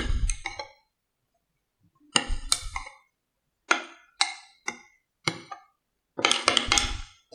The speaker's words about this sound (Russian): Размешаю, чтобы масса получилась однородной.